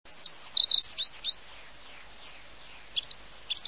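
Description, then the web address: Olive-backed pipit giving a rapid run of thin, very high-pitched notes, many sliding downward and some buzzy, repeated unevenly. "~kyusoku. binzui"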